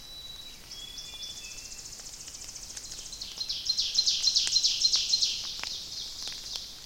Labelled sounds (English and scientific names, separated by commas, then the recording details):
Ovenbird (Seiurus aurocapilla) song
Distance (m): 50 m
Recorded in boreal forest in Alberta, Canada, on 29 May 2016 at 05:48
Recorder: SongMeter 3, array SBT-3-49
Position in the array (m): 136 m, 201 m
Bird 14